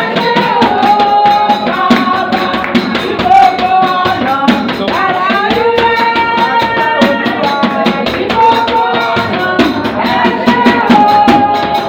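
African drumming with clapping and bell plays steadily and densely for the whole stretch, sharp hits landing in a fast, regular pattern. Ringing pitched tones sit above the beat, rising and falling in short phrases, while the overall loudness stays high and even throughout.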